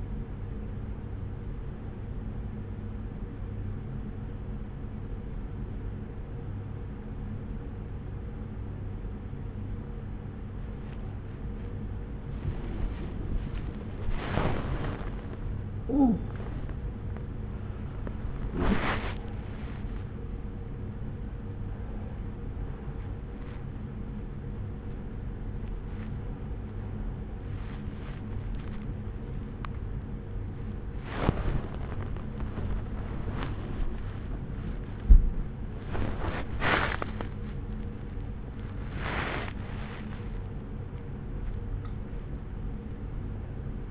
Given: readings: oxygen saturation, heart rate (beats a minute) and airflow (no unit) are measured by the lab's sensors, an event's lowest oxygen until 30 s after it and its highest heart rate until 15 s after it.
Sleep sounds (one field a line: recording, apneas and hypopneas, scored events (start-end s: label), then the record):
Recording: a person awake in a sleep study, by a smartphone at the bedside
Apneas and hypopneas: none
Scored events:
0.00-43.91 s: awake
From the record:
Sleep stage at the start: awake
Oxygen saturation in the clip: 90 to 96%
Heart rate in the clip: 67 to 98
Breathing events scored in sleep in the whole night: 303 in 8.1 hours asleep